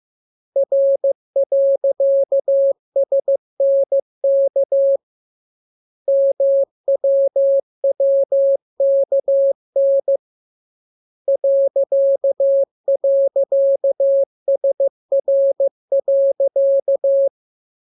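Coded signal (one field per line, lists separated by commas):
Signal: Morse code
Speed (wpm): 15 wpm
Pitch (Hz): 550 Hz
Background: none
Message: R.SNK MWWKN ..SR.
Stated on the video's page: Morse lesson 13 with letters KMURESNAPTLWI; each radiogram opens with VVV and a section sign, and ends with AR.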